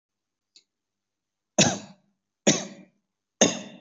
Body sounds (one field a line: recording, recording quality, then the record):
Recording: shallow voluntary cough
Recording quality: excellent, no background noise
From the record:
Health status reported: COVID-19 positive, mild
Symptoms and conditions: cough, cold, fever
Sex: male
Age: 24 years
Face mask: not worn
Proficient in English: no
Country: India